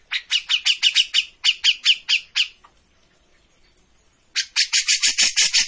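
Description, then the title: Grey-cheeked bulbul uttering a fast series of ringing notes, a pause, then a dense harsh chatter. Bird-training master of a bird in full, energetic song (gacor). "Cucak Jenggot Gacor. Masteran burung cucak jenggot ! Suaka burung"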